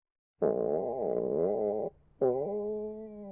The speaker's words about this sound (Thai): กู ้ใช้อธิบายเสียงท้องร้องตอนหิวครับเมื่อเสียงท้องร้องซ้ำๆพูดว่าก ู้กู ้ครับ